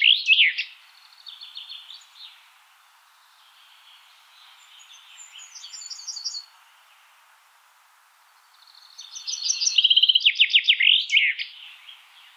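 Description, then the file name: Common chaffinch song: the tail of one phrase at the start, then a full bright, descending trill ending in a flourish near the end, with fainter singing between. "Fringilla coelebs"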